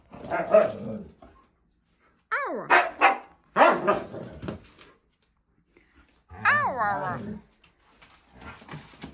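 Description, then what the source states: Siberian Husky: dog producing bursts of rough barks and high arched yelps, separated by pauses, with a muffled rumble under some calls. Two huskies howling together in a duet inside an apartment; the neighbours are said to be shocked.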